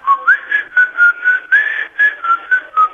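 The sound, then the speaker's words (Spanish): Someone whistles a simple folk melody alone, a steady run of about ten clear mid-pitched notes with small slides between them, evenly paced and fairly loud. “Mi viejo ya no está, pero siempre silbaba eso.”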